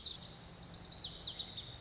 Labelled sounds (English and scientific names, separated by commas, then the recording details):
Lazuli Bunting (Passerina amoena)
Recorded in Sonoma County, California